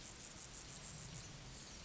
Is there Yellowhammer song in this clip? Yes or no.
no